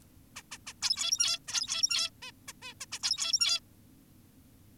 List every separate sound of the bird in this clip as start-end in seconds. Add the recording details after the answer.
0.36-0.42, 0.52-0.58, 0.67-0.73, 0.82-1.39, 1.48-2.10, 2.22-2.32, 2.48-2.53, 2.63-2.74, 2.81-2.86, 2.92-2.99, 3.03-3.60. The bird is an adult. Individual g17y2U